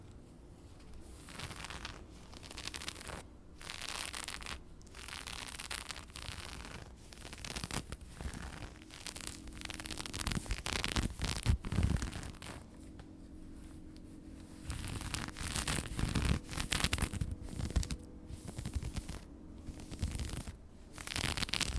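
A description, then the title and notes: Dress fabric is scratched and rubbed in irregular bursts of crackly rustling, with sharper scraping spells near the middle and toward the end. ASMR Dress Scratching & Fabric Sounds Ada Wong Cosplay.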